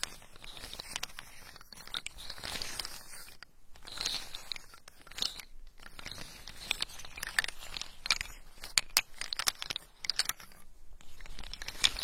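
Macadamia nuts being handled: a dense run of sharp, bright crackles and crunchy clicks with rustling in between. The snaps come irregularly and quickly, with brief quiet gaps near 3.5, 5.5 and 11 seconds.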